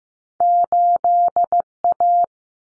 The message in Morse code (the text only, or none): 8A